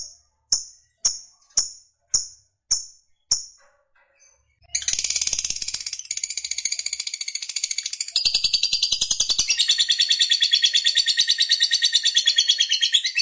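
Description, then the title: Lovebird: six sharp, high chirps about half a second apart, a short pause, then a long, loud, rapid chattering song. Fighter lovebird, described as gacor, singing energetically. "Berkat SUARA Lovebird FIGHTER GACOR Ini"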